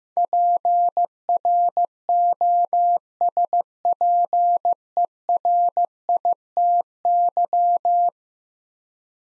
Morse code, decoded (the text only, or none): PROSPERITY